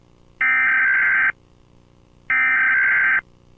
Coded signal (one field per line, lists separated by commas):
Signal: Emergency Alert System (SAME) tones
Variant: header bursts